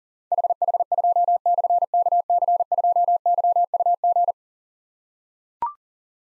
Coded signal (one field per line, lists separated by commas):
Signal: Morse code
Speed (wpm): 42 wpm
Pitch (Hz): 700 Hz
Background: none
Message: HH2/KC2YUG